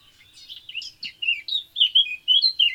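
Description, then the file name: Eurasian blackcap song: a hurried, tumbling warble of bright varied notes, sung continuously throughout. "Sylvia atricapilla"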